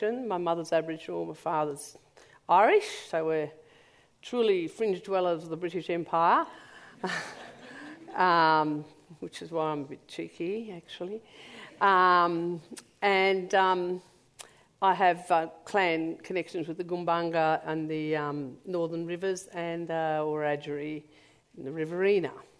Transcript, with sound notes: My mother’s Aboriginal, my father’s Irish, so we’re truly fringe dwellers of the British Empire, [laughter] which is why I’m a bit cheeky actually. I have clan connections with the Gumbaynggirr and the Northern Rivers and Wiradjuri in the Riverina.